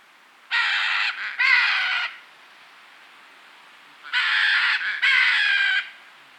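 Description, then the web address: Red-and-green macaw giving harsh, raucous squawks in two paired bursts, each lasting under two seconds, separated by about two seconds of quiet. Bolivia and Peru. "Birds of the Amazon. Red-and-green Macaw (Ara chloroptera), Bolivia, Peru"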